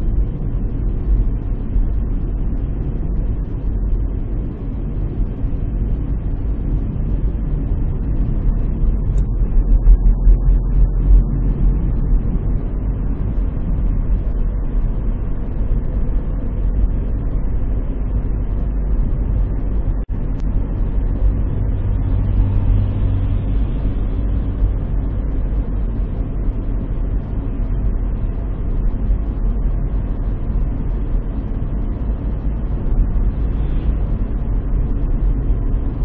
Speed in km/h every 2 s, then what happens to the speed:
40, 41, 41, 43, 44, 47, 50, 53, 53, 54, 54, 55, 56, 56, 58, 58, 59, 59.
0-7 steady at about 41. 7-14 speeds up to 53. 14-36 steady at about 56.